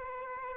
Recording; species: mosquito wingbeat signal from an infrared sensor; Aedes aegypti